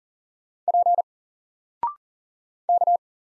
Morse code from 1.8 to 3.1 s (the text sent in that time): K